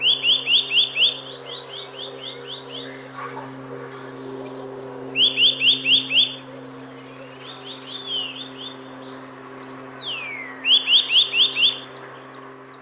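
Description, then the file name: Eurasian nuthatch giving three loud rapid bursts of sharp whistled notes about five seconds apart, with fainter notes between, other high sliding calls and a steady low hum. "Sitta europaea 170718"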